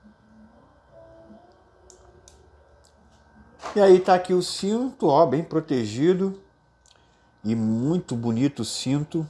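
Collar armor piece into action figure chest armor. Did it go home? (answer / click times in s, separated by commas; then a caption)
yes / 1.9 s, 2.3 s. A collar armor piece of plastic/metal is fitted onto the chest armor of a Bandai Cloth Myth EXM Pegasus Seiya God Cloth collectible action figure. Two sharp clicks at 1.9 s and 2.3 s show it locking onto the chest, and someone talks afterward.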